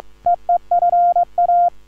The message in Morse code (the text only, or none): EEFA